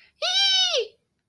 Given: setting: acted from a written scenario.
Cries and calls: vocal sound without words; positive surprise

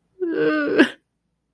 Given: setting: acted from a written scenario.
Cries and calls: vocal sound without words; sadness

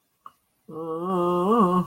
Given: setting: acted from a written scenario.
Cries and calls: vocal sound without words; guilt

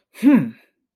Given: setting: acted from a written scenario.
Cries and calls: vocal sound without words; pride

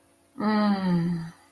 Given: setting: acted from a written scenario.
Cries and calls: vocal sound without words; serenity

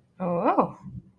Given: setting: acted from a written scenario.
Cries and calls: vocal sound without words; interest

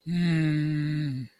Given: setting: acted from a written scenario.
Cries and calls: vocal sound without words; sadness

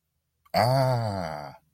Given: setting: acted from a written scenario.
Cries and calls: vocal sound without words; realization

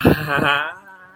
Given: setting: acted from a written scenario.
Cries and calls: vocal sound without words; elation

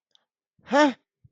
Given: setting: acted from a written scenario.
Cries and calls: vocal sound without words; anger

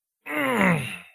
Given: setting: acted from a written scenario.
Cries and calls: vocal sound without words; pain

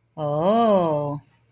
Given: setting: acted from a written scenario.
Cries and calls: vocal sound without words; realization

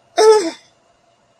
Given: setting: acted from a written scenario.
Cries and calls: vocal sound without words; distress

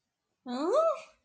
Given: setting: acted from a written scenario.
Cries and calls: vocal sound without words; confusion

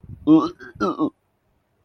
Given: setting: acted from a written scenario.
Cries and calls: vocal sound without words; disgust

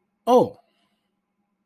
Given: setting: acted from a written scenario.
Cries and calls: vocal sound without words; positive surprise

